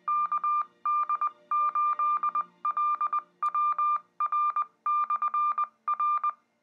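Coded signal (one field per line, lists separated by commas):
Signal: Morse code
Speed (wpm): 20 wpm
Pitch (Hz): 1200 Hz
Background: none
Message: KD8LWR/R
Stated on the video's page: Morse ident from a 2-meter simplex repeater on 147.480 MHz, no PL, 3 watts, using a Yaesu VX-8DR handheld.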